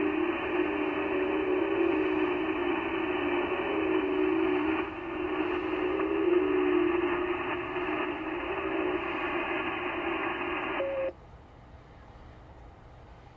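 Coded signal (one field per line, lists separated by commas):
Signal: FT8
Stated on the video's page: FT8 on 10 MHz, 30m band, DXpedition station at Conway Reef using IC-7600, SPE Expert 1.3K-FA amplifier and 30m dipole.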